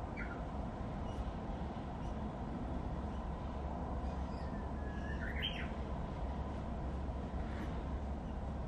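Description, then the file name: Japanese bush warbler song: a soft held whistle sliding into a quick rising, flourished phrase near the middle, over a steady low rumbling background noise. "uguisu"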